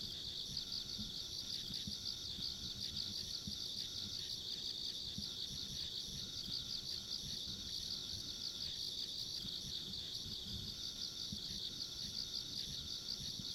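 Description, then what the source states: Many insects trilling at once, a high steady drone lasting the whole span, over faint low-frequency rumble. Ambient sound of insects along a rural country road.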